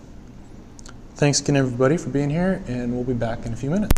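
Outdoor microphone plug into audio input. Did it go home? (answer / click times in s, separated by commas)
yes / 0.8 s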